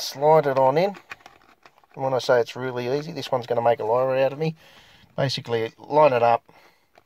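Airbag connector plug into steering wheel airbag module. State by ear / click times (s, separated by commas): not seated / none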